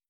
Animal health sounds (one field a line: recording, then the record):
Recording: hydrophone in a shrimp aquaculture tank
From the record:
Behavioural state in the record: feeding